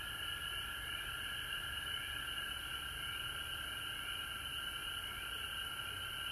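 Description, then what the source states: Frogs in full chorus, a loud unbroken trill with two clear bands and rippling pulses in the upper one, over steady background hiss. Recorded at home in Georgia on March 19, 2020.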